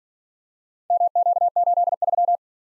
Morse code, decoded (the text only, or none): MQ83